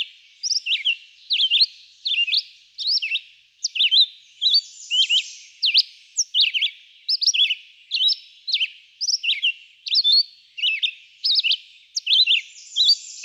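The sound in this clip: Red-eyed vireo delivering continuous song, short choppy whistled phrases, each slightly different, repeated steadily in quick succession.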